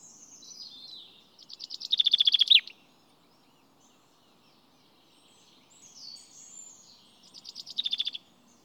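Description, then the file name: Common chaffinch song phrases heard twice. Each is a quick rattle of bright notes, with softer high twittering before each one and quiet pauses between them. "Fringilla coelebs"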